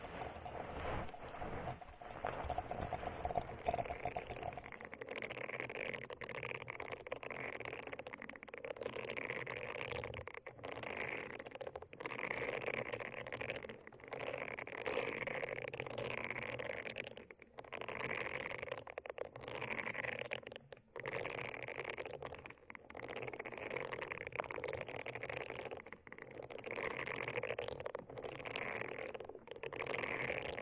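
Plants are rubbed and circled around the ears, making a dense, continuous rustling and brushing that swells and fades in slow waves. The first five seconds carry a heavier, lower rumble, then the sound turns lighter and scratchier, broken by brief near-silent gaps.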